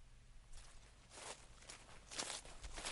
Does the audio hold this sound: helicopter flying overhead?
no